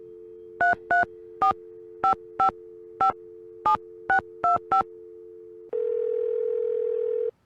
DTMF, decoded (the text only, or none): 3345557625